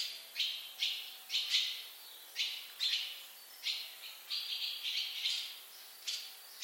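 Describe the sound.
Barn swallow calls: a series of short, sharp high chirps, some in quick pairs.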